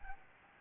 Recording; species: mosquito wingbeat signal from an infrared sensor; Aedes albopictus